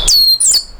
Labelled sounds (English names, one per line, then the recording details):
Stitchbird song
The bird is a male
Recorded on Tiritiri Matangi Island, New Zealand, in 2005
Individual 12, of nest box 16